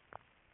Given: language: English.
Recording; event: throat vibration sensor signal played as sound; swallow